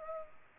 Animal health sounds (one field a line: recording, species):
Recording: mosquito wingbeat signal from an infrared sensor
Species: Culex pipiens